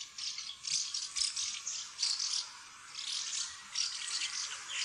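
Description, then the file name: House martin calls: dry, buzzy rattling twitters in dense bursts that swell and fade every second or so, running throughout with no other clear sounds. "taksvale"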